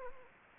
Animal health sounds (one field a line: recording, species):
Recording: mosquito wingbeat signal from an infrared sensor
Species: Anopheles gambiae